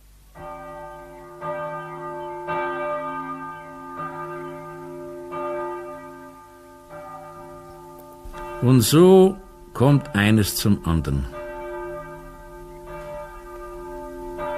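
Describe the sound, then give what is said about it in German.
A church bell of a Jesuit church tolls for early mass as people arrive, in slow, steady strikes, each rich ringing tone hanging in the air before the next, until a loud voice cuts in briefly over the fading hum. “Die Glocke hebt es an, die Leute kommen.”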